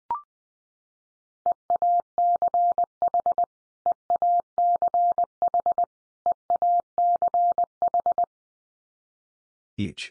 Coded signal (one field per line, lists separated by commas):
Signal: Morse code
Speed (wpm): 20 wpm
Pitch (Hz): 700 Hz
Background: none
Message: EACH EACH EACH